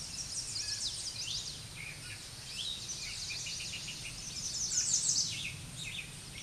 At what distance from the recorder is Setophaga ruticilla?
about 15 m